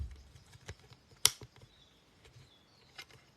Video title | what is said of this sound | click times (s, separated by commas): Full Unedited TikTok Stream: Building the Unreleased Ambush on Mandalore LEGO Set! | that's got a satisfying click that one | 1.2 s